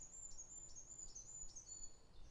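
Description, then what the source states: Goldcrest song: very high, thin notes in short repeated phrases, with a low background rumble. Very loud, high-pitched song in oak woodland in Sherwood Forest during the dawn chorus.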